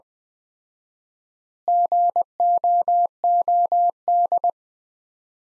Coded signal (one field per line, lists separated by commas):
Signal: Morse code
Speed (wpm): 20 wpm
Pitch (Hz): 700 Hz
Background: none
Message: GOOD